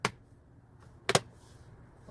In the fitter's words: and this one just locks in place like this